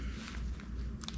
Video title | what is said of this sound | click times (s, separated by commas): LARA THE GADGET GIRL REVIEW - THE NORTH FACE FLIGHT SERIES RACE DAY VEST | and they just click right in | 1.0 s, 1.1 s